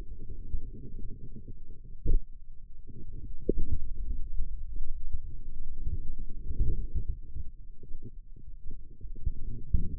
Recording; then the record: forearm muscle sounds (acoustic myography)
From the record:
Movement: radial deviation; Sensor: system 2, bracelet of six BSWA MPA416 microphones around the upper forearm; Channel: 6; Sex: male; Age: 22 years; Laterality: right